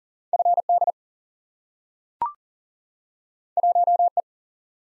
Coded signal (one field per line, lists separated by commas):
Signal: Morse code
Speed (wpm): 42 wpm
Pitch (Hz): 700 Hz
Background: none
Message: F D 1 E